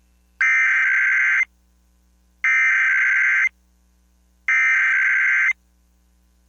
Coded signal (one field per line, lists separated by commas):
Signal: Emergency Alert System (SAME) tones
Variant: header bursts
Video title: EAS #1218-1220: 3 EAS Required Monthly Tests- Aug. 5, 2026- 12:11AM PDT